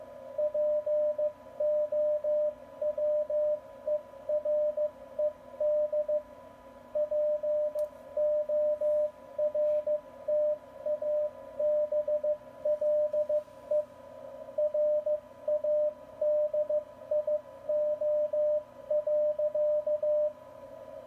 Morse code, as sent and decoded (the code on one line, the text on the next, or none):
.--. --- .-- . .-. . -.. / .--. --- .-. - .- -... .-.. . / .-. .- -.. .. --- .-.-.-
POWERED PORTABLE RADIO.